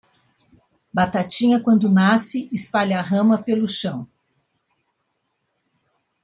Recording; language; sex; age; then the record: short text; Brazilian Portuguese; female; 60 to 69 years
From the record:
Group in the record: control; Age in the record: 65 years